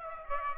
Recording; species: mosquito wingbeat signal from an infrared sensor; Aedes aegypti